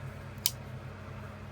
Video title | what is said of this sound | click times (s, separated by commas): eBay unboxing 2 amazing ￼ unboxings $50 Kabar swing guard $10 imperial 1967 utility knife | Did you hear that snap? | 0.5 s